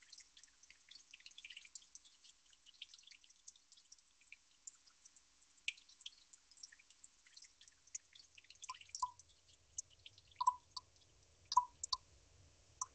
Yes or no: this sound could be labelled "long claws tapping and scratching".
no